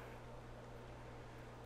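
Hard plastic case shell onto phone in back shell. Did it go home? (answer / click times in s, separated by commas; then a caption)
no / none. The hard plastic front shell of an Otterbox Defender case is laid over an iPhone 6 sitting in the back shell and lined up before being snapped in around the edges. Only a steady hiss with a low hum is heard, with no distinct sounds. Nothing has seated or clicked yet.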